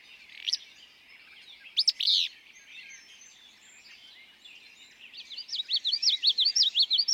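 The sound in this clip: Willow flycatcher song, a quick sneezy buzz heard twice early on, followed by another bird's loud, rapidly repeated chattering trill.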